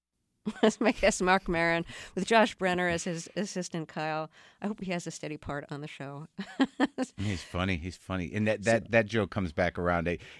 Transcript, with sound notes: That's my guest Marc Maron with Josh Brener as his assistant, Kyle. I hope he has a steady part on the show.
(LAUGHTER)
He's funny. He's funny. And that joke comes back around.